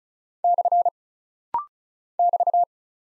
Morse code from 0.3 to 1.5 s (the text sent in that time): /